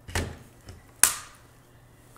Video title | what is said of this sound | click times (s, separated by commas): Shark IonFlex Review: Put to the Test! | thing it looks like we got the base here and this handle is supposed to just click right in good | 1.0 s